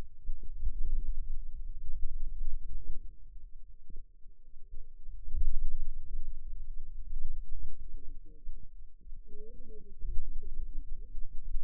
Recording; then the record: forearm muscle sounds (acoustic myography)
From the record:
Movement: finger pinch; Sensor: system 2, bracelet of six BSWA MPA416 microphones around the upper forearm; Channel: 1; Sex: female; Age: 21 years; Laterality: right